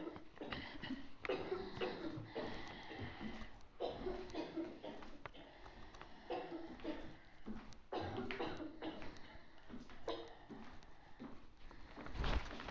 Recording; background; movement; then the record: deep breathing; a bystander coughing; walking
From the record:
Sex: female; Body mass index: 25.5 kg/m2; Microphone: on the chest, facing outward